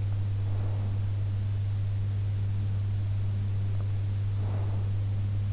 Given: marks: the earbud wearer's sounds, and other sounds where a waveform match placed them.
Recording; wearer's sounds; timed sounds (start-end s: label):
sounds in sleep by an in-ear microphone; breath
0.26-1.10 s: breath
4.27-5.07 s: breath